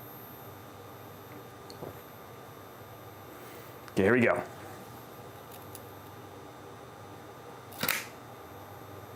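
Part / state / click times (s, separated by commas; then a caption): memory module into motherboard DIMM slot / seated / 7.8 s, 7.9 s. A memory module is pressed into a motherboard DIMM slot until its retention latches snap, giving two solid clicks at 7.8 and 7.9 seconds that read 92.5 on a sound meter. Someone talks briefly beforehand, and the module is seated.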